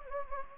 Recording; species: mosquito wingbeat signal from an infrared sensor; Anopheles gambiae